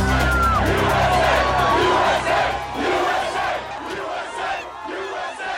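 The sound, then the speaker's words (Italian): A large crowd of Americans cheers and shouts jubilantly, celebrating the announcement of the killing of Osama Bin Laden, a loud, continuous roar of many voices with scattered whoops and calls that swell and ebb throughout. “Quello che sentite in sottofondo è ancora sono la folla festante che ieri, non in diretta ovviamente, la folla festante di americani che all'annuncio l'altro ieri notte dell'uccisione di Osama Bin Laden da parte del presidente”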